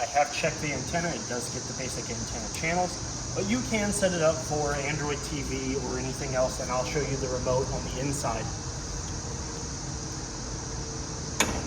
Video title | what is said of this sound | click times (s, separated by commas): Virtual Walkthrough of the 2023 Forest River Salem Hemisphere Elite 35RE at Parkland RV Center | You're going to hear it click, which is the swivel arm locking into place, and then it is just a simple push in. | 11.4 s